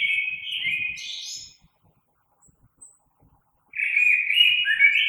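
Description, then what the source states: Common blackbird singing, with a whistled phrase ending in higher notes, then a pause of about two seconds before another fluty warble begins. Recorded on 3 March 2020.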